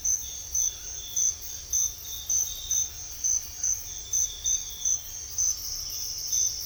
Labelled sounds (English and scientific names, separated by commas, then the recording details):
none
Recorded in secondary vegetation near Puerto Asís, Putumayo, Colombia, on 4 March 2025 at 06:30
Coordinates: 0.498, -76.327
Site G001